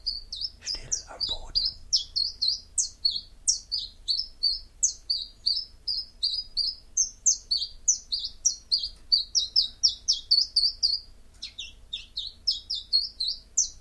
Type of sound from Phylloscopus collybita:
song